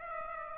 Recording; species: mosquito wingbeat signal from an infrared sensor; Aedes aegypti